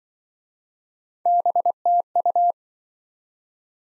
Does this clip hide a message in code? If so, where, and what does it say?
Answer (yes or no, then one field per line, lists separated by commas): yes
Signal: Morse code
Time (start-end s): 1.3-2.5 s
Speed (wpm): 26 wpm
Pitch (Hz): 700 Hz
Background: none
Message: BTU